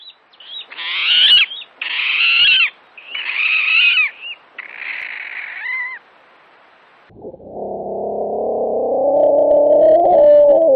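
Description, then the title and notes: Water rail calling: four harsh, high, piglet-like squeals in quick succession, a short pause, then a long, lower grinding sound that swells toward the end. Wetland bird usually betrayed only by its piglet-squeal-like call; hides in dense vegetation; lives by small channels with reed and reedmace in Hungary; walks on the ground, migrates to Africa, increasingly overwinters. "jelenlétét legtöbbször csak malacvisításszerű hangja árulja el"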